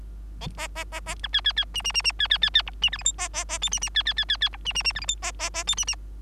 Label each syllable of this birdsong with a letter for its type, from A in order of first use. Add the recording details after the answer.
A A A A B C C C D D D D C C C C E D F G H A A A I D D C C C C C E D D D F G H A A A I D D. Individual Bird3